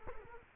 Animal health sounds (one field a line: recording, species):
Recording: mosquito wingbeat signal from an infrared sensor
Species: Culex quinquefasciatus